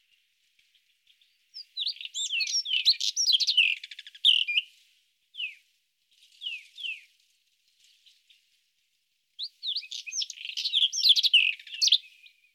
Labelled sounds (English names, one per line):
White-throated Robin song